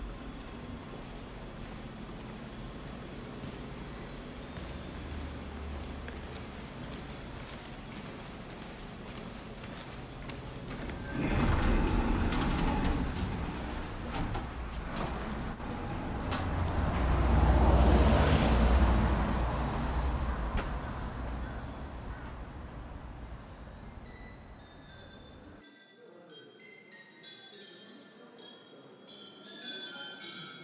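A steady street hum in Seoul, with a low rumble that swells as a vehicle passes between about 11 and 20 seconds, and a sharp click near 15 seconds. Around 26 seconds the noise cuts away, leaving faint high chirping beeps.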